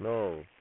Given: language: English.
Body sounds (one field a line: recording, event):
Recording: throat vibration sensor signal played as sound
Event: speech